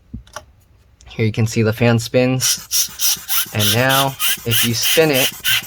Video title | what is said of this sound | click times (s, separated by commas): HP Envy x360 m Convertible 15m-dr1012dx Disassembly RAM SSD Upgrade Fan Repair Replacement | just squeeze both pieces make sure there we go it clicked into place | 0.4 s